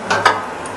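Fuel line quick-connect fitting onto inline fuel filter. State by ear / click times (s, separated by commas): seated / 0.3 s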